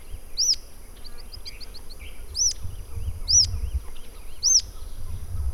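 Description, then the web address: Rough-legged tyrannulet repeating sharp, high arched notes every one to two seconds, with softer quick chirps in between. "Rough legged tyrannulet. صدای-پرنده-ژیانمرغک-پازبر"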